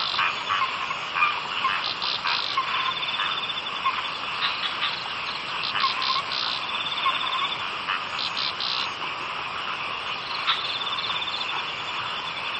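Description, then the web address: Frogs croaking in a busy chorus, clusters of sharp pulsed notes over a constant trilling background, insect-like buzzing mixed in. "bumbungrec kaeru frog"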